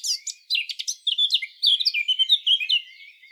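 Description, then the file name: Eurasian blackcap song phrase: a short scratchy opening followed by a loud, fluty warble of varied whistled notes. "Sylvia atricapilla"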